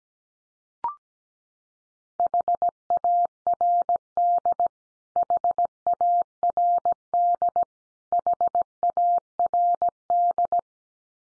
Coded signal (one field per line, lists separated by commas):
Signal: Morse code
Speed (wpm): 17 wpm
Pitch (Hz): 700 Hz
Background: none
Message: HARD HARD HARD